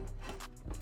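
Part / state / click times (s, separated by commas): charge pipe coupler with retaining clip onto engine intake connection / not seated / none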